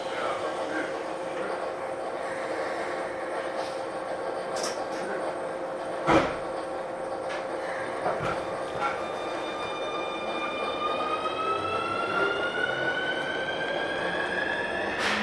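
A Keikyu New 1000 series train rumbles steadily, with a sharp clunk near six seconds and motor whine climbing in pitch after ten.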